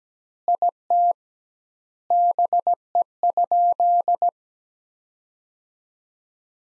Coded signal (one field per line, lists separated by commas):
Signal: Morse code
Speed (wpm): 17 wpm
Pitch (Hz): 700 Hz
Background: none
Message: IT BE?